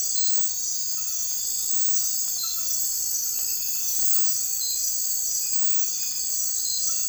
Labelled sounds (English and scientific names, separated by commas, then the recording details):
none
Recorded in dense forest near Puerto Asís, Putumayo, Colombia, on 19 February 2024 at 04:00
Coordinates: 0.484, -76.317
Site G6464